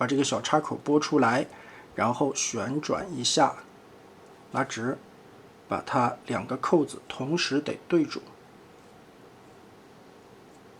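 Someone talks while handling a Magic Square (MS) small-scale Computron cannon transforming robot toy, flipping out a small plastic tab on its plastic arm, rotating and straightening the arm, then lining up its two clips at the same time to push the arm into the robot body. Nothing has seated or clicked yet; the clip is speech with quiet pauses and ends in near-silence.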